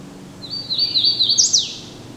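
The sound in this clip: Hooded warbler singing one bright phrase of quick slurred notes, finishing with a sharp upward accent that falls away.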